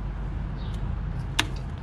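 On a 2011–2013 BMW X5/X6 (E70/E71) xDrive35i, the lower coolant hose quick-connector, with its clip closed, is pushed onto the plastic thermostat housing port over a steady low hum. A single sharp click rings out at 1.4 s. The connector is confirmed fully seated and will not pull out.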